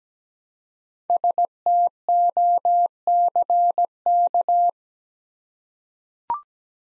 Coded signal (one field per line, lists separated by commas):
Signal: Morse code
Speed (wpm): 17 wpm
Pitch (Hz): 700 Hz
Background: none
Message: STOCK